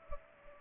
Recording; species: mosquito wingbeat signal from an infrared sensor; Culex pipiens